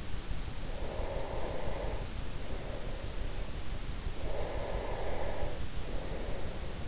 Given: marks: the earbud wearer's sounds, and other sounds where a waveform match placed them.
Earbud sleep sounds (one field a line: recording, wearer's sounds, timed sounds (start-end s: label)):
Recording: sounds in sleep by an in-ear microphone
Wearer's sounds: breath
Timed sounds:
0.33-3.60 s: breath
4.03-6.88 s: breath